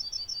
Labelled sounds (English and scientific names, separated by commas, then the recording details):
Yellowhammer (Emberiza citrinella) song
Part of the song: start
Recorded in the Czech Republic on 14 July 2013
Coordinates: 50.288, 15.882
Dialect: BC
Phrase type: H5
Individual 317137